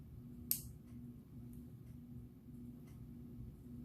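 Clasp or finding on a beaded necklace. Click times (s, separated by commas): 0.5 s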